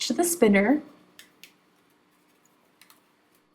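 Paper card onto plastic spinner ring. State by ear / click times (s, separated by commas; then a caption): seated / 1.2 s, 1.4 s. Someone talks briefly, then a punched paper card is attached to the ring of a plastic rotating card-file spinner. It gives two small, sharp clicks at 1.2 s and 1.4 s as the card seats onto the ring, followed by a few fainter ticks. The card is successfully attached.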